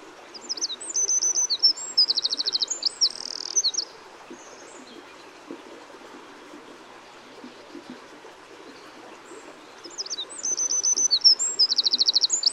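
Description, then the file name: Eurasian Wren singing two loud, very high outbursts of quick twittering notes and fast trills, the first early on, the second near the end, with a quiet pause between. "Troglodytes troglodytes"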